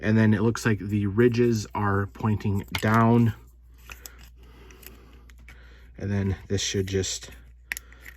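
Someone talks while building a 1:8 scale FanHome Nissan Skyline GT-R R34 (Fast & Furious) diecast model car from issues 39–44, pressing a small plastic/metal subassembly part, screws facing up and ridges facing down, into its mounting holes. After some quieter handling sounds, a sharp snap at 7.7 s marks the part seating in place.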